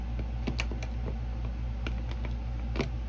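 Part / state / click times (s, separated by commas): cast resin cross piece into its interlocking mate / not seated / none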